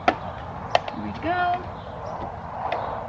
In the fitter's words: beautiful so now all four are clicked back in